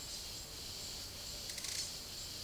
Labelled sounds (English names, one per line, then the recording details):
none
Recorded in secondary vegetation near Puerto Asís, Putumayo, Colombia, on 22 December 2024 at 12:00
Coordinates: 0.489, -76.322
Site G059